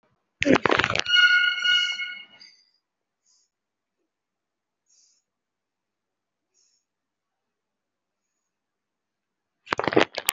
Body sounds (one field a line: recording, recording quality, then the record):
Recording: shallow breathing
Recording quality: excellent, no background noise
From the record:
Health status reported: COVID-19 positive, mild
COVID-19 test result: positive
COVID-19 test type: RT-PCR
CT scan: taken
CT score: 5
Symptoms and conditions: cough, sore throat, fever, muscle pain, loss of smell and taste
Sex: female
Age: 46 years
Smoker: no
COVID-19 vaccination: none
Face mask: worn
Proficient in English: yes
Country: India